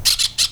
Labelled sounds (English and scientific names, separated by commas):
Brown-throated Parakeet (Eupsittula pertinax) contact call